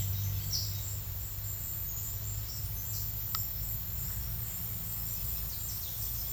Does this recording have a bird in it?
yes